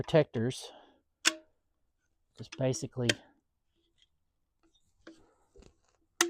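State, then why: Seated. An amber plastic protective cover is pressed onto the face of a 7-inch off-road LED light housing while someone talks. A few faint ticks follow, then a sharp, loud click at 6.2 seconds as the cover snaps into place and is seated.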